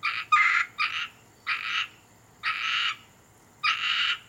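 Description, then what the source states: Asian grass frog producing grating, pulsed croaks at irregular intervals, some notes longer and raspier than the rest. Amphibian recorded in a pond at Taomi.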